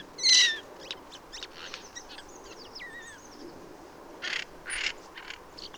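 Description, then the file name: Eurasian jay uttering one loud, harsh screech at the start, followed by thin whistles and chirps of other small birds and two fainter rasping bursts later. "Garrulus glandarius"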